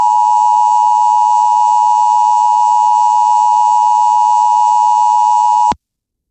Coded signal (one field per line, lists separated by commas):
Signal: Emergency Alert System (SAME) tones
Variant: 853 and 960 Hz attention tone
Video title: EAS #1 special Marine Warning on KALT-FM